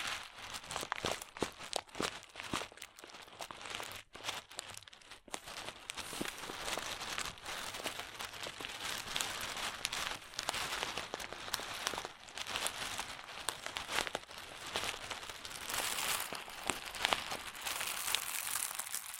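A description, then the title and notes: Crunchy slime is squeezed and worked, giving a dense, continuous stream of sharp crackles and crinkling pops. The sound is bright and busy throughout, with brief quieter gaps near four and five seconds, and no steady rhythm. ASMR Satisfying Crunchy Slime (No Talking).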